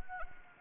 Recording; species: mosquito wingbeat signal from an infrared sensor; Anopheles arabiensis